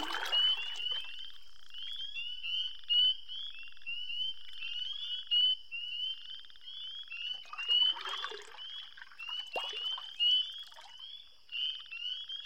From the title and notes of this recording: After a long winter in northern Minnesota, everything seems to awaken at once. From the songs of migratory birds to the croaks of frogs and toads, we can witness a wonderful rejuvenation.